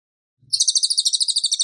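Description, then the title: Tembakan bird song beginning after a brief silence as a quick, high-pitched run of evenly spaced chirps. Masteran (tutor song) for training cage birds; Tembakan bird singing gacor, continuously and vigorously. "Masteran Burung Tembakan Gacor"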